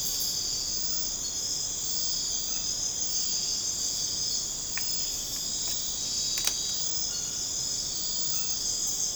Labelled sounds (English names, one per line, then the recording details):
none
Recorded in secondary vegetation near Puerto Asís, Putumayo, Colombia, on 13 March 2025 at 01:30
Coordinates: 0.485, -76.322
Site G040